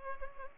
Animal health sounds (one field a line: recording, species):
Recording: mosquito wingbeat signal from an infrared sensor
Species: Culex pipiens